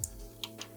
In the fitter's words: All you have to do is to press it in, slide it well in. You'll hear a click sound,